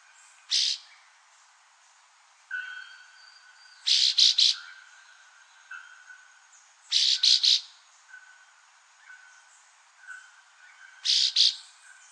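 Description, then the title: Chestnut-bellied Euphonia giving single harsh notes, then grouped triplets of buzzy notes every few seconds, with soft chirps and a constant hum behind. "LuckyPassaro Completos2Sama. Chestnut-bellied Euphonia (Euphonia pectoralis)"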